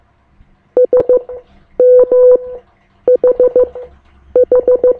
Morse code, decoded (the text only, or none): SMHH